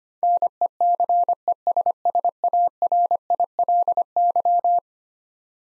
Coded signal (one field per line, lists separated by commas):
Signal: Morse code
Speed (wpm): 25 wpm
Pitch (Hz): 700 Hz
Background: none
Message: NECESSARILY